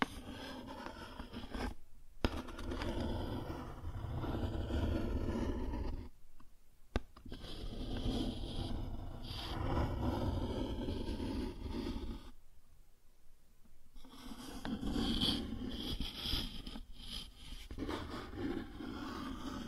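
Cardboard being scratched and rubbed in long, rough strokes, each a dense rasping burst lasting a few seconds. Short silent gaps break the sound near 2, 6.5 and 12.5 seconds, with a sharp tap around 7 seconds and brighter scraping toward the end.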